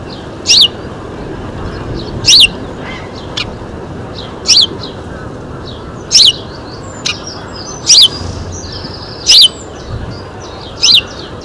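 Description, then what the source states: House sparrow chirps, short bright notes repeated every one to two seconds, with faint background birds and a steady low hiss. Nominate subspecies Passer domesticus domesticus.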